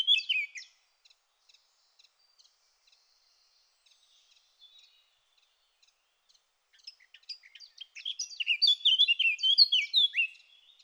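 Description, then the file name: Eurasian blackcap song: a brief loud warble opens, then faint ticking notes, before a fast, rich twittering warble rises in volume and then trails off into faint notes. "Sylvia atricapilla"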